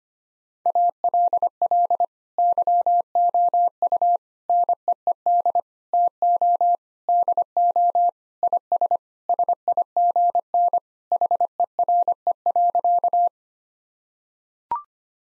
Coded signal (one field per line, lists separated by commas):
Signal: Morse code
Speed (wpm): 25 wpm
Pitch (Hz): 700 Hz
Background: none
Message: ALL YOU NEED TO DO IS SIGN HERE.